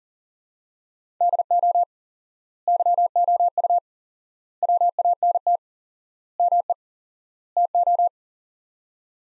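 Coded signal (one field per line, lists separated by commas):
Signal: Morse code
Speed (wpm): 40 wpm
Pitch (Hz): 700 Hz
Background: none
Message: DO YOU WANT ME TO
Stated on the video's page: Head-copy drill of five-word sets at 40 wpm with 4x word spacing, similar to Farnsworth; the words are sent, spoken, then sent again.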